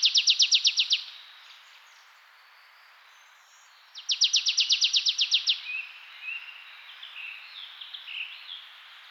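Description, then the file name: Marsh tit making two quick rattling bursts of bright, repeated notes. The second is longer and is followed by scattered soft chirps. "Poecile palustris"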